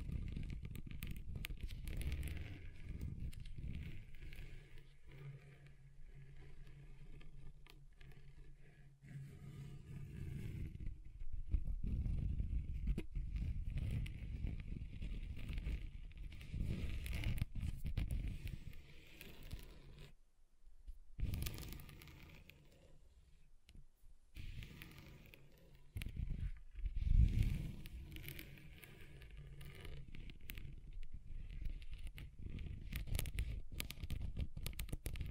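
Scratching across table surfaces, a steady rough rasp heavy in the low end with a papery, crackly top. The texture shifts in sections, softer around 5–10 seconds, with a sharp break near 20–21 seconds and a brief louder scrape near 27 seconds.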